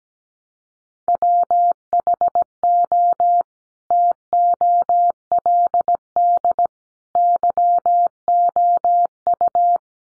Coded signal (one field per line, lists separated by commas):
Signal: Morse code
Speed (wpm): 17 wpm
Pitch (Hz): 700 Hz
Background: none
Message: WHO TOLD YOU